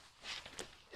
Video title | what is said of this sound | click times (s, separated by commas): You NEED this TOOL on your truck - Hidden Winch Mount Installation - 2025 RAM REBEL & RHO | And you pull it. And if you hear it click, it's dropping back in place. | 0.6 s